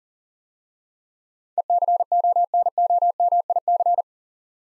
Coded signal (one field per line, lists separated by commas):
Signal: Morse code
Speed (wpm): 40 wpm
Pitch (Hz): 700 Hz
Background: none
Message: ECONOMIC